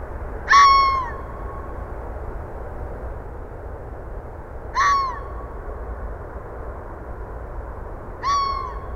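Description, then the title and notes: Red fox barking, sharp harsh yelps with a falling tail, three calls roughly every four seconds over steady low traffic rumble. Calling in west Dyke Marsh about 6:35 PM, 20 December 2015; cars and airplanes audible; recorded with Fostex FR-2, Sennheiser ME62 and Telinga parabola; edited with fade in/out only. "Red Fox calling in west Dyke Marsh about 6:35PM 12/20/2015"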